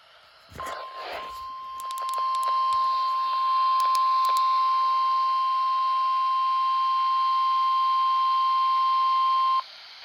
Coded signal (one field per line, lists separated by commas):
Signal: Emergency Alert System (SAME) tones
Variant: 1050 Hz attention tone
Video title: My Alarm Clock was a Flood Watch for the Fourth Time on the Fourth of July (EAS #334)